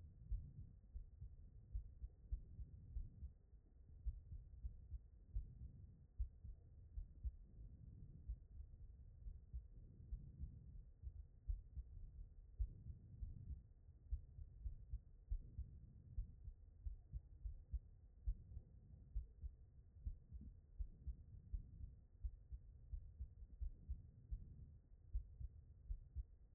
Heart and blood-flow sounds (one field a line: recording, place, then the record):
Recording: heart sounds by stethoscope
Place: aortic valve (AV)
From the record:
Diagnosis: non-HFrEF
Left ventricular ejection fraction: 66%